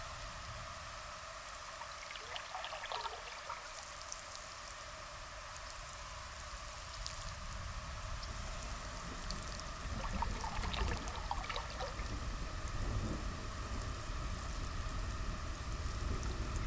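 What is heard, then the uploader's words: Frogs and toads keep up a steady, droning chorus while migratory birds add brief bright calls around 2–3 seconds, near 7, and again between 10 and 12. A low, watery rushing sound swells after about 8 seconds, making the second half louder. After a long winter in northern Minnesota, everything seems to awaken at once. From the songs of migratory birds to the croaks of frogs and toads, we can witness a wonderful rejuvenation.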